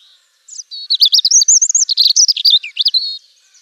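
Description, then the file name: European robin song: a rapid, varied run of high, thin whistled notes and tinkling trills, rising and falling quickly over about three seconds. "Jeanchr Rochechr-chr Rougegorge"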